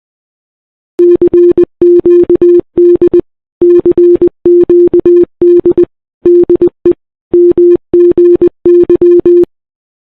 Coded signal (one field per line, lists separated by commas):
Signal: Morse code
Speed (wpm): 19 wpm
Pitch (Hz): 350 Hz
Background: none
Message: CQD CQD DE MGY